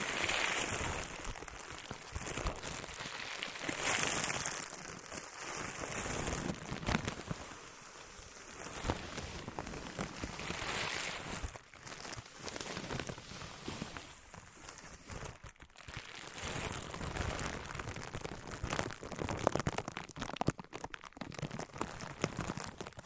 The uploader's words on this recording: ASMR Which One is MORE Tingly Wood vs Cork, Sponge vs Foam, Glass vs Plastic etc (No Talking).